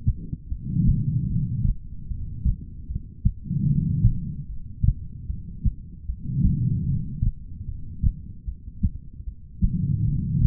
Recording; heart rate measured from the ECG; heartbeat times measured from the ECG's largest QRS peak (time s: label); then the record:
heart sounds by stethoscope; 75 bpm
0.48 s: heartbeat
1.28 s: heartbeat
2.08 s: heartbeat
2.87 s: heartbeat
3.67 s: heartbeat
4.47 s: heartbeat
5.27 s: heartbeat
6.06 s: heartbeat
6.86 s: heartbeat
7.66 s: heartbeat
8.45 s: heartbeat
9.25 s: heartbeat
10.05 s: heartbeat
From the record:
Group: heart failure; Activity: rest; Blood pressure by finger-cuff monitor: 97/64 mmHg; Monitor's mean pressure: 78 mmHg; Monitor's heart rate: 75 bpm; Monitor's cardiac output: 5 L/min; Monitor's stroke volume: 66 mL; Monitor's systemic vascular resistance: 1120 dyn s/cm5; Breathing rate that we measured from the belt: 21 breaths a minute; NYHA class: 2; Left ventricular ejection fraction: 58%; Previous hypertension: present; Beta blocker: bisoprolol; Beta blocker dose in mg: 5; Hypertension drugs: ramipril, spironolactone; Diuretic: furosemide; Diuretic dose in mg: 160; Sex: female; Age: 55 years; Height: 155 cm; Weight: 67 kg